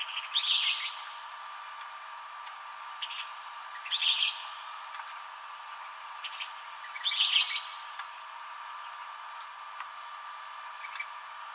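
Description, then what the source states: Western kingbird calls: three scratchy, chattering high bursts about three seconds apart, with softer single notes between them and a steady background hum. Recorded on 7 July 2007.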